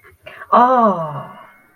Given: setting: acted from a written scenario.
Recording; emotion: vocal sound without words; realization